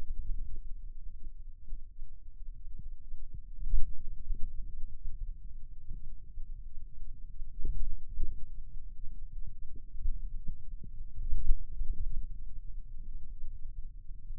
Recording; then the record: forearm muscle sounds (acoustic myography)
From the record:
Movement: wrist flexion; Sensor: system 2, bracelet of six BSWA MPA416 microphones around the upper forearm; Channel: 2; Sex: male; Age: 22 years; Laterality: right